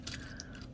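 A 3D-printed plastic cockpit-like piece from a Lambda shuttle card kit is pressed into the small insets on the sides of the model. Two sharp clicks are heard at 0.1 s and 0.4 s over a steady low background, and the piece seats in place.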